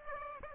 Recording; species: mosquito wingbeat signal from an infrared sensor; Aedes aegypti